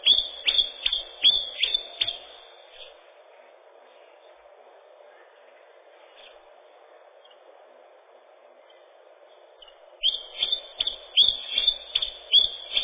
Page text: Пеночка-теньковка, или пеночка-кузнечик (устар.) — Phylloscopus collybita